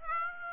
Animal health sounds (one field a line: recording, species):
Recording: mosquito wingbeat signal from an infrared sensor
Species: Aedes aegypti